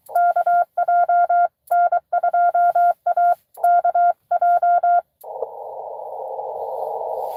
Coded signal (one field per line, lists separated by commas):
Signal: Morse code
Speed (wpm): 23 wpm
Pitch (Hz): 700 Hz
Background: none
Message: KJ N2AKJ